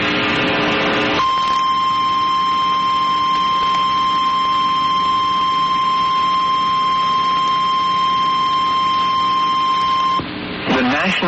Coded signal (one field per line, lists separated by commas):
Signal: Emergency Alert System (SAME) tones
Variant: 1050 Hz attention tone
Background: speech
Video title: Corrupçao Gadissimo USA EAS Alarm Test